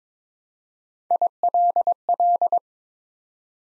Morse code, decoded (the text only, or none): ILL